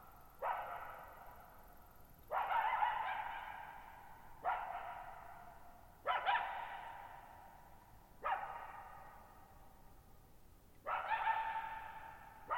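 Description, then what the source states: Coyote barking: several loud, harsh barks about two seconds apart, each trailing into a long echoing decay over a very quiet background. Lone coyote at night, July 14, 2019, at Thirtymile Meadows, Okanogan National Forest, Okanogan High Country, Pacific Northwest, 6400 ft, in a bowl-shaped meadow over boggy ground.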